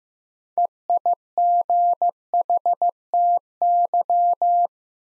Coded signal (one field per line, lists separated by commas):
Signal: Morse code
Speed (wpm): 15 wpm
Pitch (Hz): 700 Hz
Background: none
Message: EIGHTY